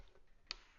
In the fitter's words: there I got a click there so it's always very close to 30 foot lb